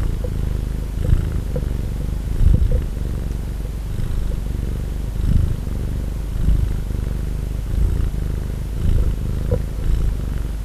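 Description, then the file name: Domestic cat purr, a continuous deep vibrating rumble that swells and fades with breathing, with a few soft clicks and rustles. Domestic cat purring, recorded 23 February 2011. "Purring Domestic Cat Donna 20110223"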